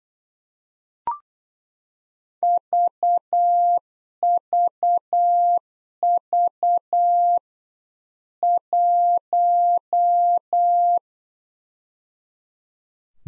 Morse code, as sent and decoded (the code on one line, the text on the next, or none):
...- ...- ...- / .----
VVV 1